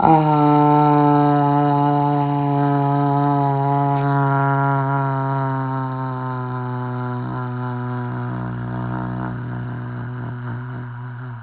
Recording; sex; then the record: sustained vowel /a/; female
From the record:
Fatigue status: fatigue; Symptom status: symptomatic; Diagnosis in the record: COVID-19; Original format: m4a